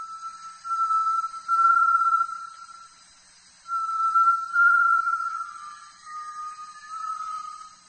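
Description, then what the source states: Great tinamou giving long, pure whistles on a nearly steady pitch in two main phrases, the second stepping slightly down in pitch and fading at the end. Bird spends nearly all its time on the ground; its voice is what sets it apart.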